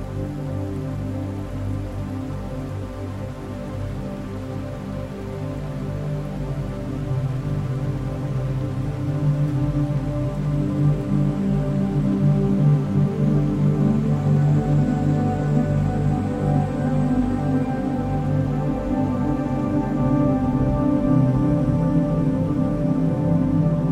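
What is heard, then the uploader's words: A healing-frequency music drone with binaural beats, built from many steady stacked tones that hold without pause across the whole stretch. The low and middle tones dominate, swelling slightly louder after about ten seconds, with a faint airy shimmer higher up. 528 Hz Solar Plexus Healing Frequency Music + Binaural Beats.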